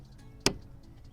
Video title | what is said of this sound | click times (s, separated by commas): Old Town Salty PDL 120 Kayak [ FULL REVIEW ] Old Town’s Budget Pedal Kayak | turn that little latch right here boom and that auto click i love that like | 0.5 s